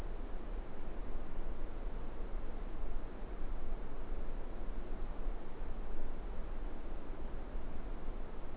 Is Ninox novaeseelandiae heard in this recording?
no